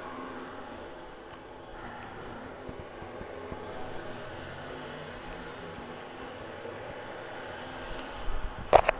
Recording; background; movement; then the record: deep breathing; traffic; sitting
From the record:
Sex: female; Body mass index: 18.8 kg/m2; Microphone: on the chest, facing outward